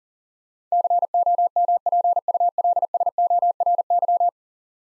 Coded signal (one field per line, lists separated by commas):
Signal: Morse code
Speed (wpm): 40 wpm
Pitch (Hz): 700 Hz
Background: none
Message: COMPULSORY